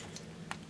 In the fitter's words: so they snap in